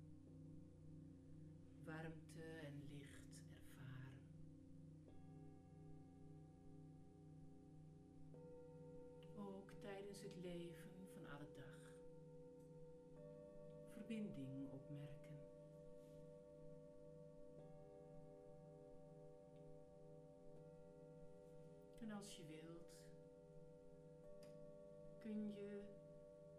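Singing bowls ring in long, steady, overlapping tones, with a new bowl joining roughly every four or five seconds and the sound slowly thickening. A voice speaks in short bursts over the hum, around 2, 10, 14, 22 and 25 seconds.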